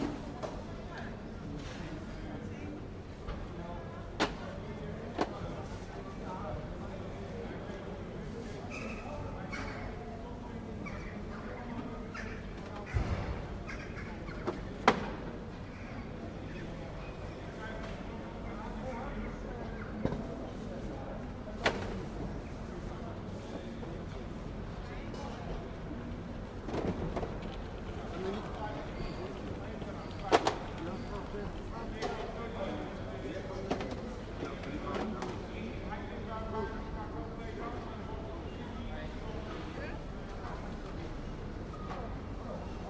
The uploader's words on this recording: The Sunday Fruit Market. We walk along and listen to the sounds of an active Fruit Market.